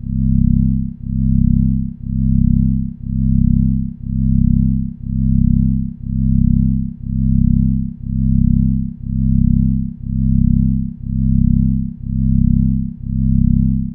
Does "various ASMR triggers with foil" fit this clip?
no